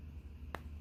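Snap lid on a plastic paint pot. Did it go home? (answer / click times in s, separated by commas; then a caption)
yes / 0.5 s. Another snap lid on a plastic paint pot is pressed closed, giving one short, sharp snap at 0.6 s over a low steady hum. The lid snaps shut and is seated.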